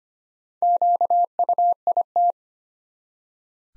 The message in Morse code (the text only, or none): QUIT